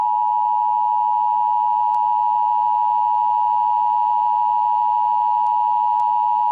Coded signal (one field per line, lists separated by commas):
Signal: Emergency Alert System (SAME) tones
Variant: 853 and 960 Hz attention tone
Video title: Greater Cincinnati Northern Kentucky EAS Nuclear Attack Warning